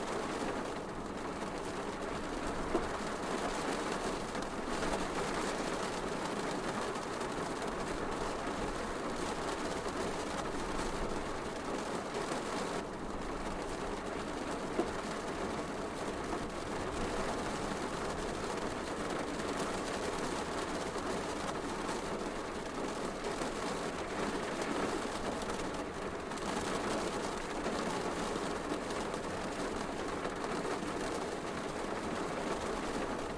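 Gentle rain patters steadily against a window, a dense, even tapping that holds the same level for the whole stretch. The sound is soft, sitting mostly in the middle range, with a faint low rumble underneath and a couple of slightly sharper taps along the way.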